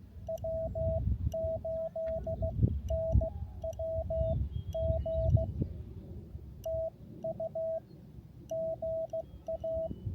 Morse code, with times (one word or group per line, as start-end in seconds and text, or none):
0.3-5.4 W8NWG
6.7-7.8 TU
8.5-9.9 GA